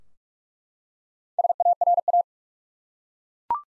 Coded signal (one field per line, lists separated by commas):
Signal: Morse code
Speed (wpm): 46 wpm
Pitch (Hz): 700 Hz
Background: none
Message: SARA